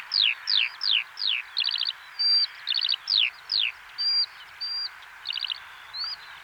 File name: alauda arvensis